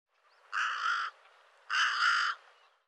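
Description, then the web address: Bird producing two harsh, grating caws of similar length, in a quiet background. "cianscape birddata Deverinetal 2025"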